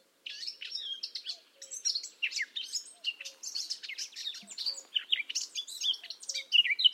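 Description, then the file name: Eurasian blackcap song: a dense chattering warble, with soft low notes repeating faintly in the background. "Sylvia atricapilla"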